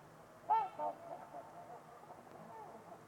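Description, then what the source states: Trumpeter swan giving two short, trumpet-like honks in quick succession, followed by quiet background hiss. Several trumpeter swans at Winters Lake on a winter evening, in a quiet, deep valley, with distant white noise; recorded by Nick McMahan.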